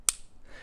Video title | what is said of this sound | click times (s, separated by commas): Tips for the Trail - Attaching a Front Pack or Camera to a running pack. | you hear it click | 0.1 s